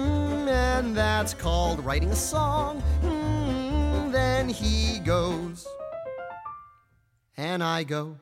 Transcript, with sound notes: And that's called writing a song (humming). Then he goes (playing piano). And I go